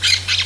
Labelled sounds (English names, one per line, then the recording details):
Brown-throated Parakeet contact call
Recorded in Venezuela
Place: Guárico; Corozopando; Fundo La Fe
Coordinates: 8.506, -67.593